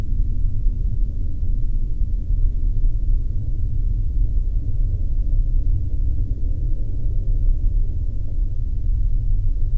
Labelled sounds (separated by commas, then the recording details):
flare stack
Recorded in the Arctic National Wildlife Refuge, Alaska, on 3 September 2019 at 15:01
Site 39